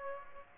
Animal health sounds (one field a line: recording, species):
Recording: mosquito wingbeat signal from an infrared sensor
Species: Aedes aegypti